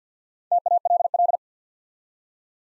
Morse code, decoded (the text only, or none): TALL